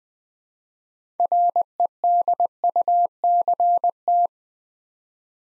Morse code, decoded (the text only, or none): REDUCT